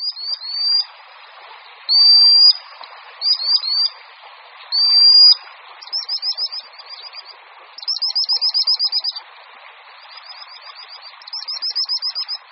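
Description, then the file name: Common sandpiper with piercing high whistles, first long single notes and short clusters, then rapid trilled runs of sharp notes, over a continuous background hiss. "Pisík-obecný"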